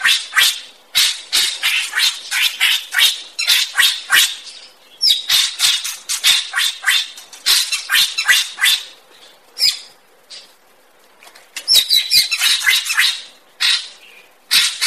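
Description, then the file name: Greater racket-tailed drongo calling in a fast series of harsh, scratchy chattering notes, grouped in bursts of several per second with brief gaps between runs. "tieng cheo beo duoi co hot"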